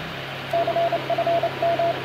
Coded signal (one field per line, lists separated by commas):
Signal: Morse code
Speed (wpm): 29 wpm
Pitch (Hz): 680 Hz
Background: radio noise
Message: CFM